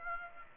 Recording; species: mosquito wingbeat signal from an infrared sensor; Aedes aegypti